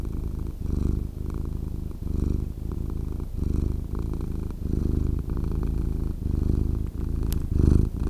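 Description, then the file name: Cat purr, a continuous low throbbing rumble that swells and eases with each breath, and a faint tick near the end. "Cat Purring Sound"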